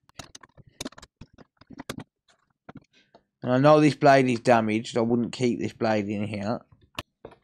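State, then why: Not seated. A metal blade is pushed into the blade clamp of an Erbauer reciprocating saw, making several small sharp clicks at the start and again near the end while someone talks in between. The blade fails to latch in the clamp; nothing has seated or clicked into place yet.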